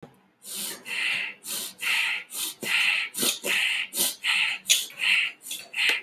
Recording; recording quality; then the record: shallow breathing; excellent, no background noise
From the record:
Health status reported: exposed to COVID-19, no respiratory illness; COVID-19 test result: negative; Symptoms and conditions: diabetes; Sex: male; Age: 50 years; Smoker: not ticked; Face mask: worn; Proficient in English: yes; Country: India